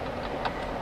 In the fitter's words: in Click nice click good we're going to put this here and here